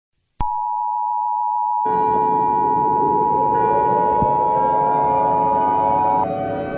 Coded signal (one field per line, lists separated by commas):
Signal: Emergency Alert System (SAME) tones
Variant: 853 and 960 Hz attention tone